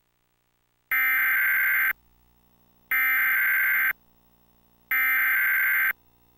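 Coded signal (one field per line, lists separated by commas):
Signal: Emergency Alert System (SAME) tones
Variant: header bursts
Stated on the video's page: Real tornado warning EAS activation relayed over Xfinity cable in Jacksonville, Florida.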